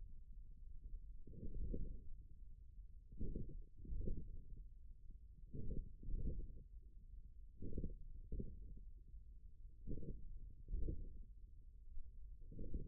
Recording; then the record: forearm muscle sounds (acoustic myography)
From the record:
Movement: ulnar deviation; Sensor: system 1, eight BSWA MPA416 microphones around the upper forearm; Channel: 6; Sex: male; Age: 41 years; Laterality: right